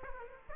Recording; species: mosquito wingbeat signal from an infrared sensor; Aedes aegypti